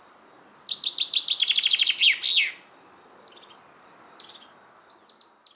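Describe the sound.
Common chaffinch song: a single bright phrase of rapid repeated notes descending in pitch, ending in a sharp flourish, over a steady high whine and faint chirps.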